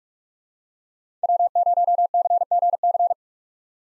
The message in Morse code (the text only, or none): W0CGC